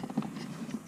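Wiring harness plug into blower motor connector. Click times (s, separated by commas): 0.1 s, 0.2 s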